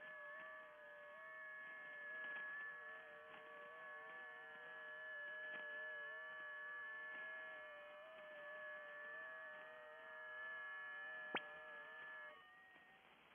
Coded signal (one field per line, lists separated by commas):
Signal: FT8